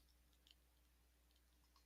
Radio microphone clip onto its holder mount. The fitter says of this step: And then it will snap into place.